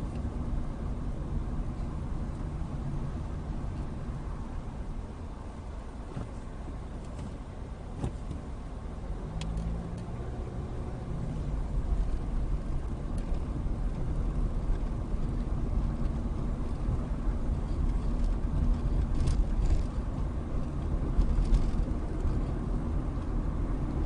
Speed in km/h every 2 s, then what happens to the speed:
19, 10, 6, 5, 11, 18, 21, 24, 24, 24, 27, 29.
0-4 slows to 6. 7-14 speeds up to 24. 14-24 steady at about 24.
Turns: none.